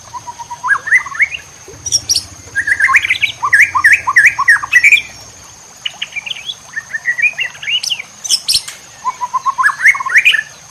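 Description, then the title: White-rumped shama singing fast bursts of varied whistles and chatters in several phrases, with brief gaps, over a constant high electronic tone. Cage-bird training (masteran) recording. "MURAI BATU LABAIK"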